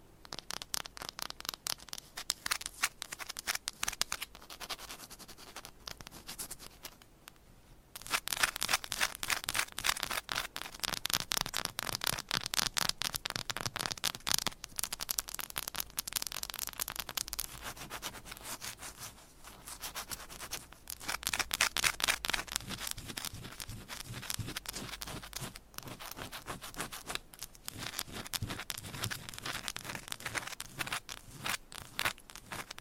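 Fast, aggressive tapping and scratching with nails on different items, a dense run of sharp, bright clicks and scrapes that rarely pauses. The pace shifts between sections, with a quieter stretch near eight seconds, then louder busier bursts around ten and twenty-two seconds.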